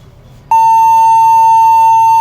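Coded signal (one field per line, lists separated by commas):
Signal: beep code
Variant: HP laptop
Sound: low room hum, then one loud continuous beep that runs past the end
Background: quiet room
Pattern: 1 continuous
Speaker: देखिए मैंने लगा दिया अभी फिर से एक बार चेक करेंगे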